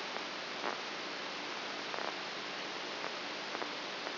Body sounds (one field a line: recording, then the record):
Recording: brain microelectrode recording played as sound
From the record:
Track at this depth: inside the subthalamic nucleus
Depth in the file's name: 1.44 mm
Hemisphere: right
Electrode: 2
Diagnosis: Parkinson's disease